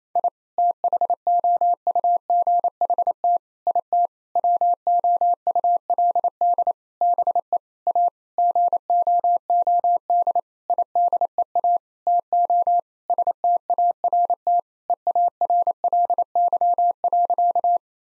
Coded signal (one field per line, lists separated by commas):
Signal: Morse code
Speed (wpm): 27 wpm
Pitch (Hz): 700 Hz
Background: none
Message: I THOUGHT IT WOULD BE A GOOD IDEA TO START EARLY.